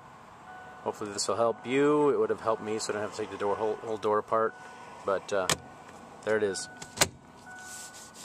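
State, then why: Seated. A window switch and door lock assembly from a 2005 Kia Spectra is pressed back into its opening in the door trim panel while someone talks. Its spring clips lock into the notches with a single sharp snap at 7.0 s, and the assembly is seated in place.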